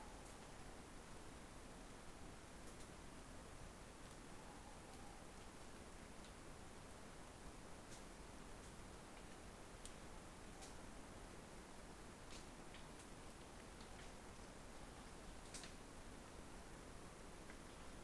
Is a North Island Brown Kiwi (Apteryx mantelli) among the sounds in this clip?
no